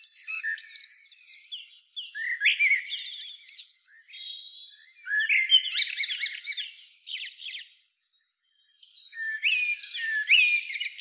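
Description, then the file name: Eurasian blackbird song in three bursts of warbling and harsh, scratchy twittering. "Turdus merula"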